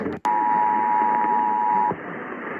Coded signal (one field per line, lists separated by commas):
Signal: Emergency Alert System (SAME) tones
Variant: 853 and 960 Hz attention tone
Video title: Iowa Required Monthly Test for August on WHO 1040 and KBGG 1700 (EAS #194-195)